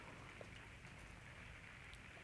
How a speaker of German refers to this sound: Jetzt höre ich ihn wieder, den Regen. Na, da gewöhnt man sich dran.